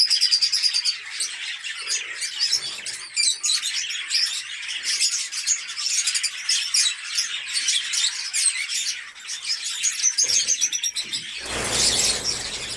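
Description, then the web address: Lovebirds keeping up a busy, high-pitched chattering of overlapping squeaks and chirps, ending in a short burst of loud rustling noise. "nerazlucniki-fiseramaskovye agapornis-fischeri"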